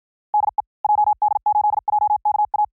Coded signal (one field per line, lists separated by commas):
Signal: Morse code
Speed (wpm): 57 wpm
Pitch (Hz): 840 Hz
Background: none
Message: DE JD8JKA